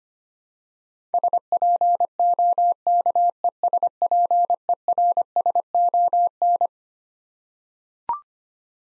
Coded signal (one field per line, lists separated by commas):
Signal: Morse code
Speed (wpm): 25 wpm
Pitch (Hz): 700 Hz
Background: none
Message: SPOKESPERSON